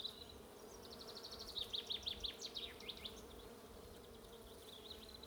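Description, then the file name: Bees give a steady droning buzz; a rapid, rattling bird trill runs through the middle, then fainter chirps. "buzzing bees"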